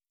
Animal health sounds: hydrophone in a shrimp aquaculture tank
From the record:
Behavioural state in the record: stressed

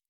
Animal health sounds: hydrophone in a shrimp aquaculture tank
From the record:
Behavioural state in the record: normal

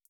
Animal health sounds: hydrophone in a shrimp aquaculture tank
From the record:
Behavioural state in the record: feeding

